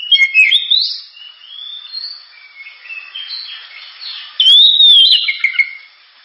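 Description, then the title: Oriental magpie-robin song with whistled slurs and twitters, a softer, noisier middle stretch, then a clear looping whistle near the end. Kacer singing prolifically with a sharp, super-loud voice, offered as a pancingan recording to prompt other birds to sing. "Kacer Gacor Suara Tajam. Kacer Gacor Suara Super Kenceng Cocok untuk Pancingan"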